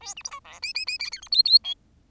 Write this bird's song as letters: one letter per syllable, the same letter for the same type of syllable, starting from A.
A B C D E F F F G H I I J